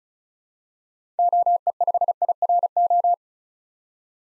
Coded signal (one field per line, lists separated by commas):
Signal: Morse code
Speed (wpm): 36 wpm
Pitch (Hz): 700 Hz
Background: none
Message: OE5IRO